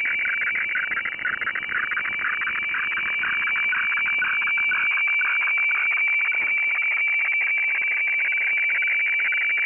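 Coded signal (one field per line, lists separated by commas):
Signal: weather fax (radiofax)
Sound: steady high whistle with rapid rhythmic scratchy warbling beneath it, continuous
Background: radio static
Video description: Weather FAX transmission from Hamburg, Germany, received using Aispy HF+, Gqrx SDR v2.9 pre, and Fldigi 4.0.11 - The fun begins around 1:25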